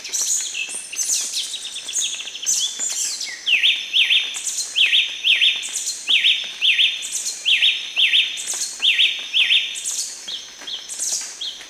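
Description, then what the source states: Ochre-breasted tanager repeating rising notes at an even pace against a dense background of high, thin bird calls. Ecuador.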